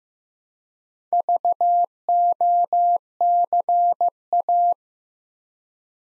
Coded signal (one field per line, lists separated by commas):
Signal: Morse code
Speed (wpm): 15 wpm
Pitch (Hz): 700 Hz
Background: none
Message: VOCA